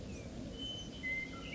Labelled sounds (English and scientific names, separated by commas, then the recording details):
Western Meadowlark (Sturnella neglecta)
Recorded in Sonoma County, California